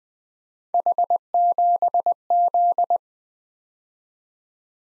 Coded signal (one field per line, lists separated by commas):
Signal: Morse code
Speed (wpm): 20 wpm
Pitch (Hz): 700 Hz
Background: none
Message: H7Z